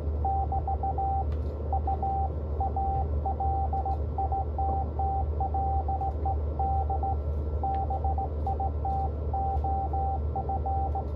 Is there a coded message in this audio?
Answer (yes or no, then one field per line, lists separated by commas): yes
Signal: Morse code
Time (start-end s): 0.2-11.0 s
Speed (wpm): 17 wpm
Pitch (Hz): 780 Hz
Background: radio noise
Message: <BT> U A LITTLE D BIT OF